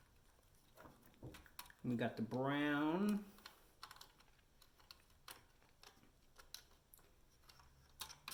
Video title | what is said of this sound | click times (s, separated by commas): How to fix a Quiet Partner 2 Dishwasher control board | Make sure you hear the click. | 1.6 s